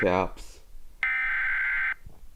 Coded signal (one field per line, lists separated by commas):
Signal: Emergency Alert System (SAME) tones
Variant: header bursts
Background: speech